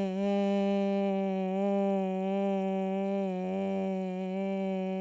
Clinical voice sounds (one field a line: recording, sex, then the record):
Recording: sustained vowel /e/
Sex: female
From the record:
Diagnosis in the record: Parkinson's disease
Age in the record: 67 years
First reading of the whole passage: 79 s, 6.5 characters per second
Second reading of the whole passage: 74 s, 7.0 characters per second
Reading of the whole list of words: 72 s, 3.9 characters per second